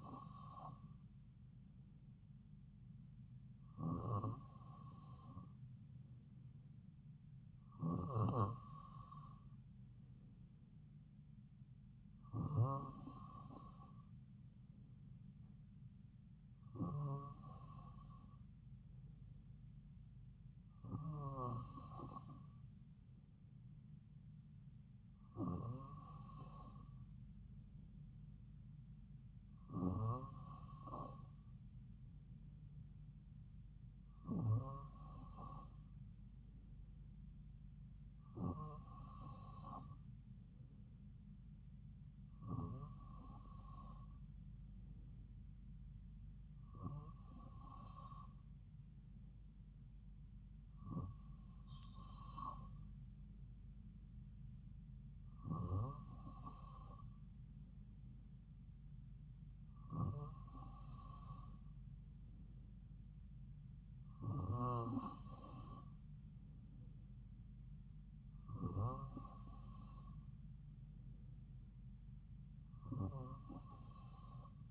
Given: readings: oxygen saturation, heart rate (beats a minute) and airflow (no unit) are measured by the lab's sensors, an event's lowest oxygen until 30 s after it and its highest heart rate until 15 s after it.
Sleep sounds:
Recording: breathing in sleep by a smartphone at the bedside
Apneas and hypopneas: none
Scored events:
none scored
From the record:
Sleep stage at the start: N2 (light sleep)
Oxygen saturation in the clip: 94%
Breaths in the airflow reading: 18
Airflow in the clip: -2.8 to 2.3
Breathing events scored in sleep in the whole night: 270 in 6.1 hours asleep

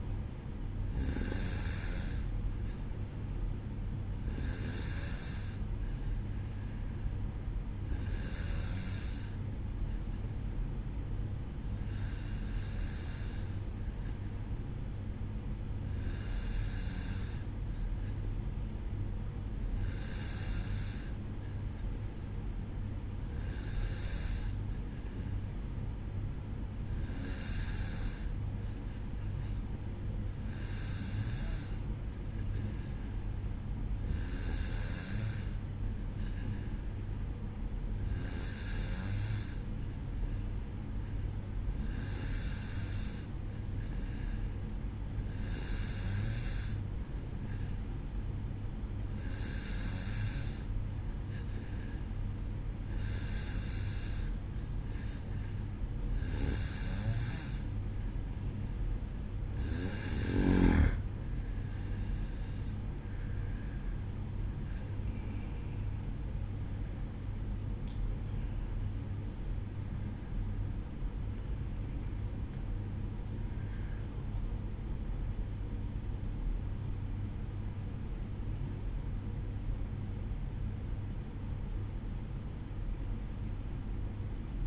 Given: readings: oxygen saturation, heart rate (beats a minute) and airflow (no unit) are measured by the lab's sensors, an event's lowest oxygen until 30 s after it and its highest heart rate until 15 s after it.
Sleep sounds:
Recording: breathing in sleep by a smartphone at the bedside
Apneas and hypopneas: 1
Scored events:
18.00-63.60 s: hypopnea (N2, oxygen 93% highest, then 92% lowest, heart rate 56 at the start, 62 highest)
50.00-84.67 s: new sleep stage, N1 (lightest sleep)
From the record:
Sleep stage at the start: N2 (light sleep)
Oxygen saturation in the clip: 92 to 93%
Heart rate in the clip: 54 to 62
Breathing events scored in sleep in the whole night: 305 in 9.6 hours asleep

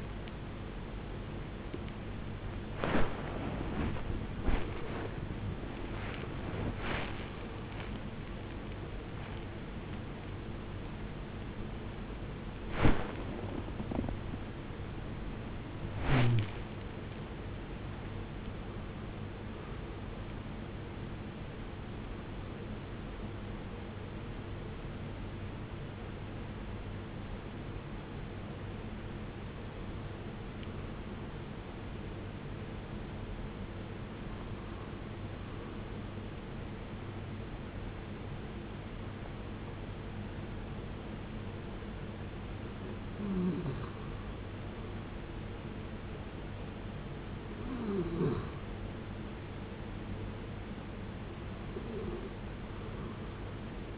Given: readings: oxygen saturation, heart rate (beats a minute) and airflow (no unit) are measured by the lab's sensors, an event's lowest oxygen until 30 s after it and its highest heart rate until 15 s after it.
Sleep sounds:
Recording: a person awake in a sleep study, by a voice recorder at the bedside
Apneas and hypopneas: 1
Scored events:
0.00-41.00 s: awake
27.00-44.20 s: hypopnea (scored as awake, oxygen 95% highest, then 90% lowest, heart rate 89 at the start, 89 highest)
36.00-53.98 s: new sleep stage, N1 (lightest sleep)
From the record:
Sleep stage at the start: awake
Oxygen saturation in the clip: 79 to 95%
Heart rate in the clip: 65 to 105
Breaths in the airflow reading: 12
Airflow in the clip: -11.2 to 16.5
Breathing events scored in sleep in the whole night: 389 in 6.3 hours asleep

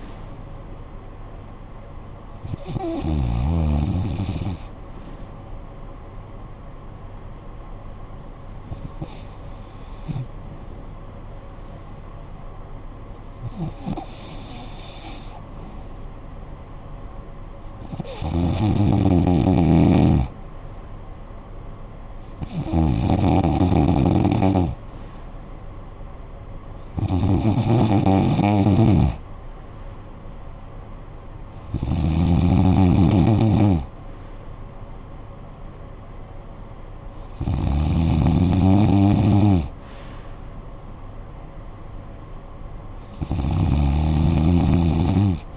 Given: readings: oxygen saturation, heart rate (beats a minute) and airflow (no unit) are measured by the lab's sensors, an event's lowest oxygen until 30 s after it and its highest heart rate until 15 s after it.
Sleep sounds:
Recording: breathing in sleep by a smartphone at the bedside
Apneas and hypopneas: 1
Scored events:
6.00-28.70 s: hypopnea (REM, oxygen 96% highest, then 92% lowest, heart rate 58 at the start, 74 highest)
From the record:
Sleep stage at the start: REM sleep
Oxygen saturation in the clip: 92 to 96%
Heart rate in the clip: 54 to 74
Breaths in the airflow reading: 10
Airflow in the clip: -12.2 to 7.0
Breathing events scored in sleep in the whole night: 445 in 7.6 hours asleep

